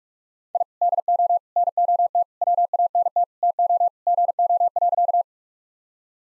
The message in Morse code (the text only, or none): I DO NOT WANT TO GO.